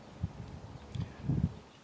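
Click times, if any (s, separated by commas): none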